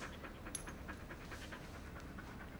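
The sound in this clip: Dog panting: fast, steady breathy huffs in quick succession, with one brief sharp click early on.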